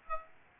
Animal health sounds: mosquito wingbeat signal from an infrared sensor; Aedes aegypti

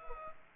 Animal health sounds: mosquito wingbeat signal from an infrared sensor; Culex pipiens

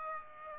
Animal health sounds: mosquito wingbeat signal from an infrared sensor; Aedes aegypti

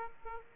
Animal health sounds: mosquito wingbeat signal from an infrared sensor; Aedes aegypti

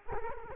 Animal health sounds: mosquito wingbeat signal from an infrared sensor; Culex quinquefasciatus

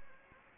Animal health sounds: mosquito wingbeat signal from an infrared sensor; Anopheles gambiae

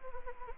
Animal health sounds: mosquito wingbeat signal from an infrared sensor; Anopheles gambiae

